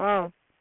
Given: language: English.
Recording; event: throat vibration sensor signal played as sound; speech